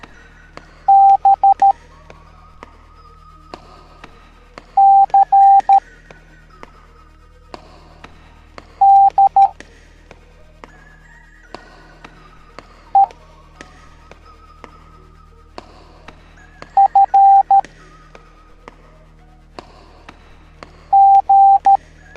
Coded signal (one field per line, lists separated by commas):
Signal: Morse code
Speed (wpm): 13 wpm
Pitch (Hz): 790 Hz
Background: music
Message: B C D E F G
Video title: Garfiled Halloween Teaching the Morse Code Alphabet Educational Video for Kids